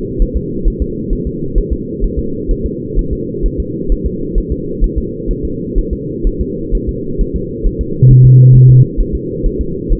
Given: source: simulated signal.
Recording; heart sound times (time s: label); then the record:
fetal heart sounds
0.22 s: S1
0.36 s: S2
0.68 s: S1
0.82 s: S2
1.13 s: S1
1.27 s: S2
1.58 s: S1
1.72 s: S2
2.04 s: S1
2.19 s: S2
2.51 s: S1
2.66 s: S2
2.99 s: S1
3.13 s: S2
3.46 s: S1
3.60 s: S2
3.92 s: S1
4.06 s: S2
4.38 s: S1
4.52 s: S2
4.84 s: S1
4.98 s: S2
5.31 s: S1
5.45 s: S2
5.78 s: S1
5.93 s: S2
6.27 s: S1
6.41 s: S2
6.75 s: S1
6.89 s: S2
7.21 s: S1
7.36 s: S2
7.66 s: S1
7.81 s: S2
8.11 s: S1
8.25 s: S2
8.55 s: S1
8.70 s: S2
9.00 s: S1
9.15 s: S2
9.46 s: S1
9.61 s: S2
9.92 s: S1
From the record:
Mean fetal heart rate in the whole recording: 130 bpm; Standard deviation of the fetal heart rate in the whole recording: 4 bpm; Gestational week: 38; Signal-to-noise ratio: -6.6 dB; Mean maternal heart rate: 72 bpm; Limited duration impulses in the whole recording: present